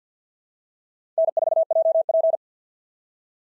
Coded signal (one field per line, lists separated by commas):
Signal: Morse code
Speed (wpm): 48 wpm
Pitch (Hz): 650 Hz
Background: none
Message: N4JP